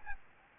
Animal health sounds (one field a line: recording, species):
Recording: mosquito wingbeat signal from an infrared sensor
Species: Aedes albopictus